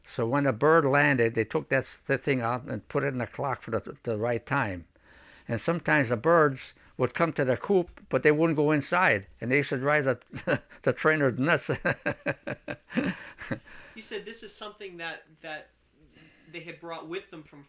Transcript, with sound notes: so when the bird landed they took the band off and put it on the clock for the right time and sometimes the birds would come to the coop but they wouldn't go inside and they used to drive the, the trainers nuts! (he laughs)
You said this is something that, that they had brought with them from France.